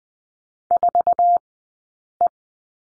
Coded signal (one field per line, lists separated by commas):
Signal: Morse code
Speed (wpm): 20 wpm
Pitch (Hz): 700 Hz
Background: none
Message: 4E